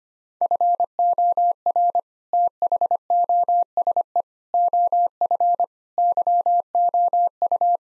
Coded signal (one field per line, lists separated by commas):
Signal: Morse code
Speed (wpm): 25 wpm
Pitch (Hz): 700 Hz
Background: none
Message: FOR THOSE OF YOU